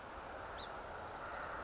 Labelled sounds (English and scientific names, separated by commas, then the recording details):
Song Sparrow (Melospiza melodia)
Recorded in Sonoma County, California